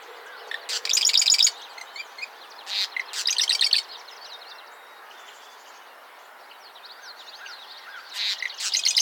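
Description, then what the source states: Mourning warbler singing rapid chanted phrases of about a second, several heard, separated by quiet gaps with soft thin calls. Recorded in the USA, Minnesota, at Old Cedar Ave, on 14 July 2012.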